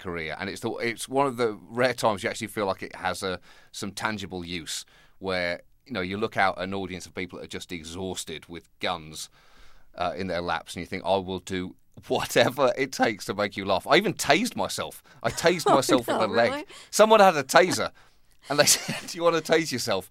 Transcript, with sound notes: And it's one of the rare times you actually feel like it has a - some tangible use, where, you know, you look out at an audience of people that are just exhausted with guns in their laps, and you think, I will do whatever it takes to make you laugh. I even tased myself. I tased myself in the leg.
(Laughter) Oh, really?
Someone had a Taser, and they said, do you want to tase yourself?